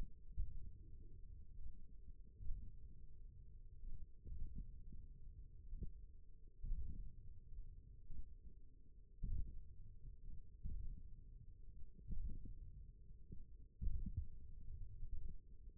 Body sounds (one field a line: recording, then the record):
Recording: forearm muscle sounds (acoustic myography)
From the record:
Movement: thumb flexion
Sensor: system 1, eight BSWA MPA416 microphones around the upper forearm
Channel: 2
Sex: male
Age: 28 years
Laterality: right